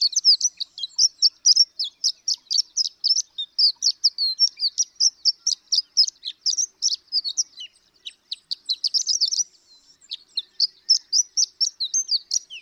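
Horned lark song: a long stream of high, tinkling chips and twitters, with one brief pause late on.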